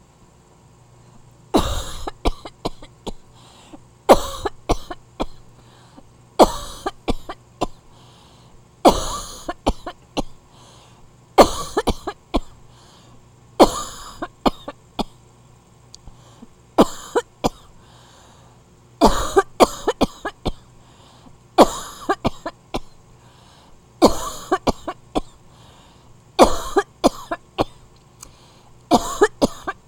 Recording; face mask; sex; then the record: voluntary coughing; none; female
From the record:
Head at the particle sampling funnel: facing it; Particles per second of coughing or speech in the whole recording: 33.5